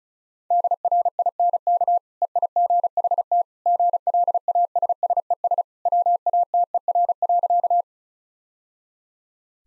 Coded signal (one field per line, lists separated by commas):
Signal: Morse code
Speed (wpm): 34 wpm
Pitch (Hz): 700 Hz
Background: none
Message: DRINK EIGHT GLASSES WATER.